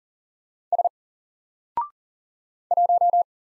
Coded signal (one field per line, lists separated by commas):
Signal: Morse code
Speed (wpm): 40 wpm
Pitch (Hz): 700 Hz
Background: none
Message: S 1